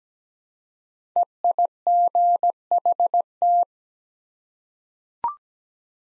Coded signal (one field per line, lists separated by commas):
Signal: Morse code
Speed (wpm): 17 wpm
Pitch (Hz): 700 Hz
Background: none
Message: EIGHT